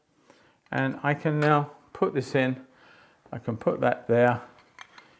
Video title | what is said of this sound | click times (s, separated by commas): The New Kraftgeek Inspire Easel - Should You Buy One - My Thoughts | is locked into place no problem I can work on any dimension | 4.8 s, 5.0 s